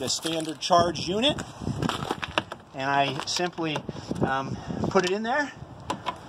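A charging station's standard charge unit plug is handled and pushed toward an electric vehicle's charging port, with short handling clicks and rattles around 1.8–2.5 s and near 5.9–6.1 s while someone talks throughout. Nothing has seated or clicked into place yet.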